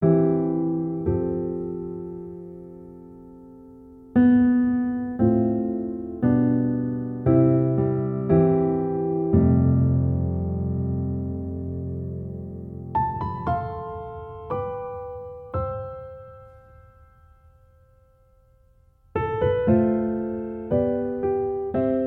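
Calm music of struck, ringing notes, like a piano, played as slow chords that decay between strikes. A busier run of notes comes near the middle, then the sound fades almost to silence around seventeen seconds before fresh chords enter near nineteen seconds.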